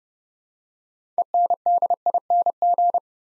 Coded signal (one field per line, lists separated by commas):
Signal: Morse code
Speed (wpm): 30 wpm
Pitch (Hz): 700 Hz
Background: none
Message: ENDING